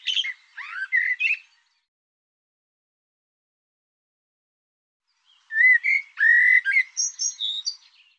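Bird song: a brief squeaky phrase, a long gap, then rich slurred whistles climbing into a cluster of high, thin notes.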